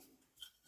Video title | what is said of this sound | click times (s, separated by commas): Assembling our small steam raising blower - Edit! The motor hub is now included in the kit!! | You hear it clicking into place as they go. | 0.4 s